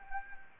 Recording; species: mosquito wingbeat signal from an infrared sensor; Anopheles gambiae